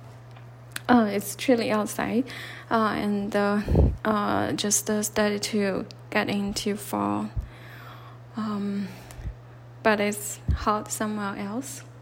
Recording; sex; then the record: free speech after running; female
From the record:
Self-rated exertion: light exertion (2 of 6); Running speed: 5 miles an hour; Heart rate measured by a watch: 81 beats a minute at the start, 79 at the end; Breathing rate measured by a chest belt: 17 breaths a minute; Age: 30 years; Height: 160 cm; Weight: 51 kg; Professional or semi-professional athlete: no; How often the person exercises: 3 to 5 times a week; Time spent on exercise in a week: over 5 hours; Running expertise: no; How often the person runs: 3 to 5 times a week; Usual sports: running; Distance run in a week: 60 km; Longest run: 42 km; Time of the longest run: 267 minutes